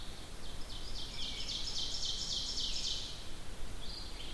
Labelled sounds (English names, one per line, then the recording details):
Ovenbird song
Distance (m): 65 m
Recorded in boreal forest in Alberta, Canada, on 14 June 2016 at 06:31
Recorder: SongMeter 3, array SBT-3-33
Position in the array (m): 125 m, 36 m
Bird 21